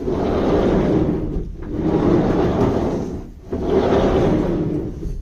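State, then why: Not seated. The sliding side door of a restored VW Type 2 camper rolls along its track into the van body's door frame, making a steady, low rumbling slide with brief dips near 1.5 s and 3.4 s. No latch mechanism is fitted yet, so the door shuts without locking into place, and nothing has clicked or latched.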